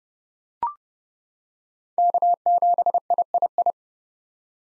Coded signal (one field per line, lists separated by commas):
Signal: Morse code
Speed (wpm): 32 wpm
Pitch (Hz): 700 Hz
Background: none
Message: K7III